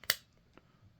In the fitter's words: just like that they pop in they are both Now set in place